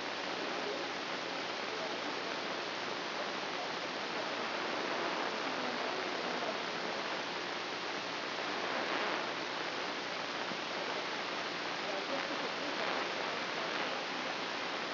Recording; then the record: brain microelectrode recording played as sound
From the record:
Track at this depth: inside the subthalamic nucleus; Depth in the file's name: 1.927 mm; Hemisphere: right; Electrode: 3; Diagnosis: Parkinson's disease